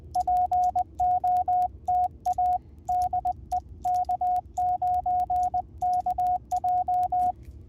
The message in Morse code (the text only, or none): POTA DE K9KJ